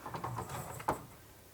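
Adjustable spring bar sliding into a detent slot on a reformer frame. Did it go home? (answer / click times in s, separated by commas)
yes / 0.9 s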